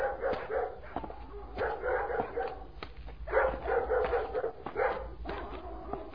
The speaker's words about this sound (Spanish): Después de tantas horas de caminar sin encontrar ni una sombra de árbol, ni una semilla de árbol, ni una raíz de nada, se oye el ladrar de los perros.